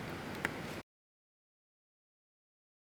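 A display flex cable connector is pressed by hand onto its logic board socket in an iPhone 5s during a screen replacement, right after the digitizer connector. Over a steady low hiss, a single sharp snap sounds at 0.4 s (0.45 s), then the audio cuts to silence at about 0.8 s. The connector is seated.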